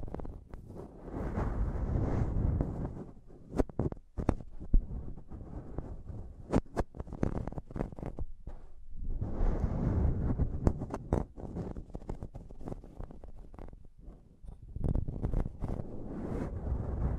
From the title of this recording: Intense Mic Tapping and Scratching Sounds